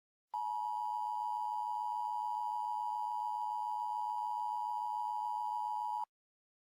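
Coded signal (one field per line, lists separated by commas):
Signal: Emergency Alert System (SAME) tones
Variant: 853 and 960 Hz attention tone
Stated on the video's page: Fictional EAS scenario story, not a real alert.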